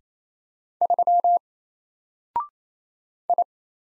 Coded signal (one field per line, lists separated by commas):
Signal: Morse code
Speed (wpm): 27 wpm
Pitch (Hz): 700 Hz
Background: none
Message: 3 I